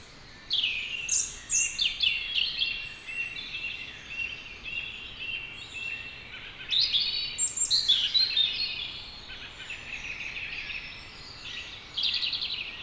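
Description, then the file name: European robin singing repeated high, liquid warbled phrases of varied sliding notes, separated by short pauses. "Erithacus rubecula"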